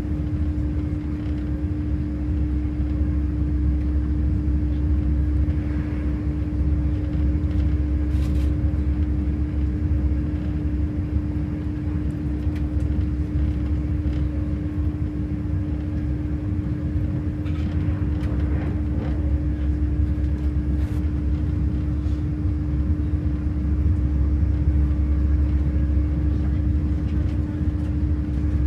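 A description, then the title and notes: A train to Bristol rumbles with a steady deep roar and constant hum, broken by occasional faint clicks and rattles throughout. Train to Bristol. A recording of part of the trip to Bristol.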